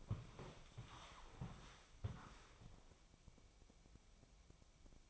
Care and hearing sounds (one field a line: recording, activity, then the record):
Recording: daily activity, microphone in the room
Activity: walk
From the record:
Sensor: 1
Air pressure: 1000.6 hPa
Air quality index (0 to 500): 170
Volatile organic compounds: 4 ppm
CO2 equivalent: 1583 ppm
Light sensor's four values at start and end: 13/31/13/15 and 12/30/12/14